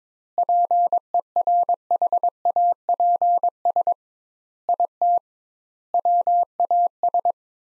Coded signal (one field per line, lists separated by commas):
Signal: Morse code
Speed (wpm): 22 wpm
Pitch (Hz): 700 Hz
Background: none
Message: PERHAPS IT WAS